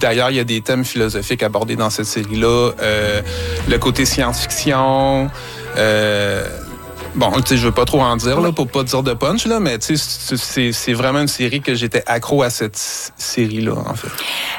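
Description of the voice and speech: A 47-year-old man speaking French with a prolonged 's', repeated syllables, a brief block and drawn-out fillers: stuttering, which has persisted into adulthood.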